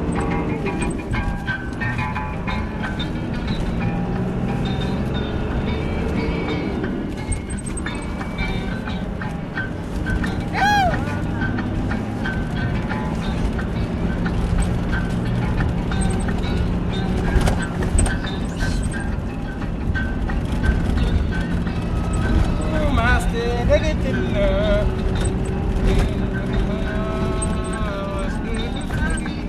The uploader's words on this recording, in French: Une carte postale du Niger Une virée en 4x4 avec la radio, la musique touareg, les rencontres au fil de la route... Enregistrement : septembre 03.